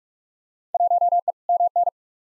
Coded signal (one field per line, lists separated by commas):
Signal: Morse code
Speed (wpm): 46 wpm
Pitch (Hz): 700 Hz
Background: none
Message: 1E MN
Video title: Field Day Exchange v2 - 45wpm